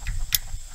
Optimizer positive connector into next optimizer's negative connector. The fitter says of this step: connect those together until I hear a click